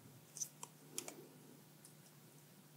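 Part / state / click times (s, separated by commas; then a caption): removable plastic brick section going back onto a toy train tender / not seated / none. The removable plastic-brick section of a brick-built western locomotive tender is being reassembled and pressed back onto the toy train tender, with light plastic handling taps and clicks around 0.4, 0.6, 1.0 and 1.1 seconds over a quiet background. Nothing has seated or clicked home yet.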